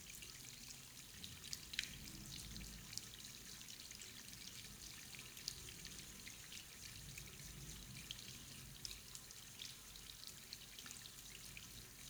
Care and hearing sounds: daily activity, guitar pickup as the sensor; wash hands

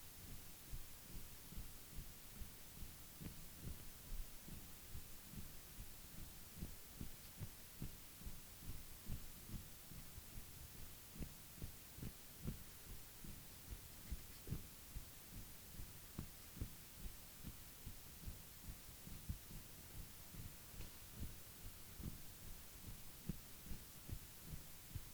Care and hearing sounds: daily activity, guitar pickup as the sensor; jump

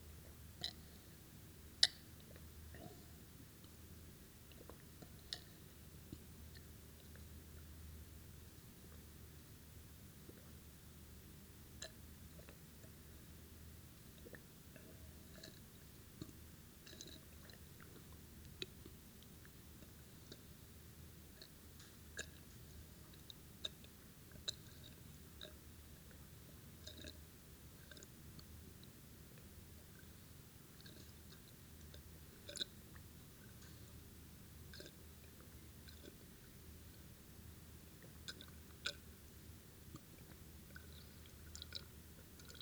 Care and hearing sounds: daily activity, guitar pickup as the sensor; drink water

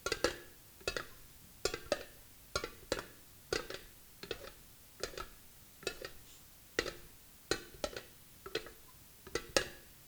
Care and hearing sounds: daily activity, guitar pickup as the sensor; fry

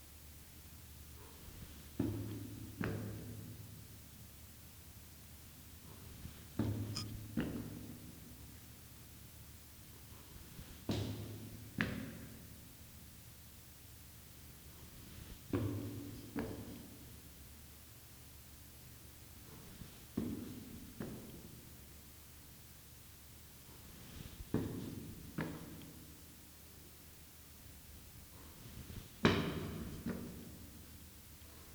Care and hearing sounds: daily activity, guitar pickup as the sensor; go upstairs

